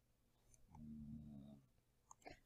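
A single low, droning snore of about one second rises and fades in a quiet room, with a couple of faint clicks afterward. It is a pit bull named Jack snoring in the background while sleeping, an ordinary sound.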